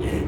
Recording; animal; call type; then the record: contact call of a hoofed animal; pig; closed-mouth grunt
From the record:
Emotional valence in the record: negative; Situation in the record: short social isolation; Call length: 0.28 s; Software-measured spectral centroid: 2050 Hz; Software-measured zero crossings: 1110 a second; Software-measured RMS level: -24 dBFS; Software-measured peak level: -14 dBFS